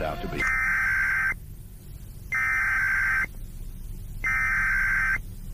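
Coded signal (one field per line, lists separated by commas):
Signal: Emergency Alert System (SAME) tones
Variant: header bursts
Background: speech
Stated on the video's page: Fictional EAS scenario.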